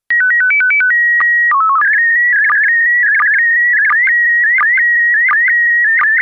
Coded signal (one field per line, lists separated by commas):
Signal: SSTV (slow-scan television)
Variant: PD 90